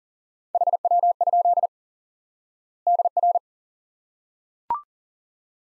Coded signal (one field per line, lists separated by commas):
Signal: Morse code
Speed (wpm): 40 wpm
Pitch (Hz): 700 Hz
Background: none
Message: HW? DR